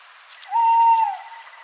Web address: strix aluco call